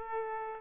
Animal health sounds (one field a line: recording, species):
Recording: mosquito wingbeat signal from an infrared sensor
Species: Aedes aegypti